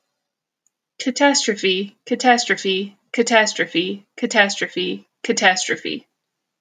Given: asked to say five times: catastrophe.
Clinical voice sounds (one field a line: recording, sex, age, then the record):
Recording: repeated word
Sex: female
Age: 30 to 39 years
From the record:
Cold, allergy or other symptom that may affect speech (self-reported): no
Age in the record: 38 years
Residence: Illinois, United States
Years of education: 16